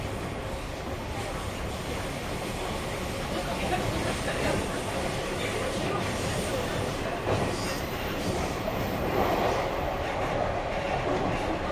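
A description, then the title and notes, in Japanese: Inside a JR 221 series train running from Nara toward JR Namba, a steady low rumble fills the whole stretch at an even level. Faint voices murmur underneath, and a few brief brighter squeaks and clanks surface around the middle and near the end. JR221系 奈良→JR難波。関西本線（大和路線）で録音をしました。車体は普通鋼製である。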